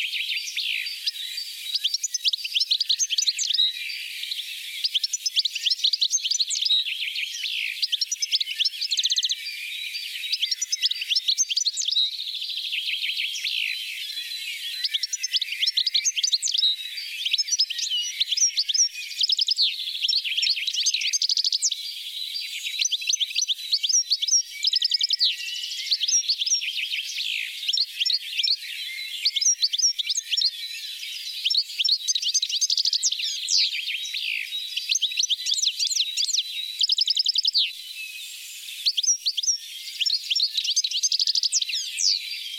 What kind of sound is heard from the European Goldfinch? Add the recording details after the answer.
song. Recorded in the wild. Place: Oberrotweil am Kaiserstuhl, Baden-Württemberg, DE. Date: 1985-05-26. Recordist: Schwarz, Dieter